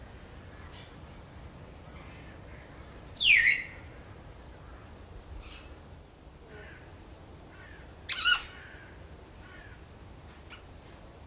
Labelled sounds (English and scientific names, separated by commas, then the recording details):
Grey Parrot (Psittacus erithacus) call
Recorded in captivity
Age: adult
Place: Tierpark Berlin, Berlin, DE
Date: 1993-12-18 10:22
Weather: bedeckt, 2 °C
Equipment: Marantz CP 430, Sennheiser MKH 416 T, Kopie Uher Variocord 263
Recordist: Tembrock, Günter